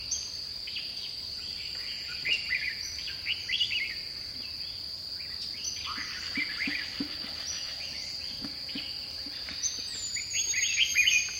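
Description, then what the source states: Bird song: short whistled and slurred notes throughout, some rising and falling, over a constant high-pitched insect hum. Recorded in dipterocarp forest.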